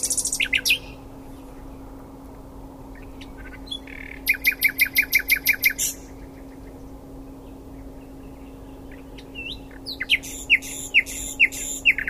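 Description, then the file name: Common nightingale song: an opening burst, then a long run of rapidly repeated notes, a pause, and another loud rhythmic series with sweeping whistles; faint hum. "Luscinia megarhynchos"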